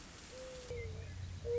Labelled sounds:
Mourning Dove
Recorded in Sonoma County, California

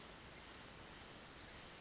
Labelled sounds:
Western Flycatcher
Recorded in Sonoma County, California

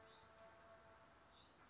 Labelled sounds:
Hutton's Vireo
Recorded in Sonoma County, California

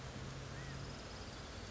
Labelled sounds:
California Quail
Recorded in Sonoma County, California

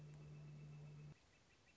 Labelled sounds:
Northern Flicker
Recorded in Sonoma County, California

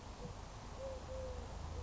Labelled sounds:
Eurasian Collared Dove
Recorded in Sonoma County, California

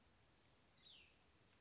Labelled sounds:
Cassin's Vireo
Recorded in Sonoma County, California

